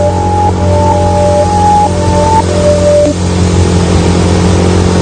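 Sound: motorcycle engine revving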